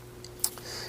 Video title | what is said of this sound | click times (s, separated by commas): Samsung Galaxy S9 - Supcase Unicorn Beetle Pro Review | the whole phone to lock into place like so | 0.4 s